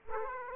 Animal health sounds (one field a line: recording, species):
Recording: mosquito wingbeat signal from an infrared sensor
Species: Aedes aegypti